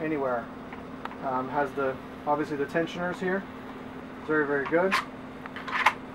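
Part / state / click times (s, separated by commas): pistol into Kydex inside-waistband holster / seated / 5.9 s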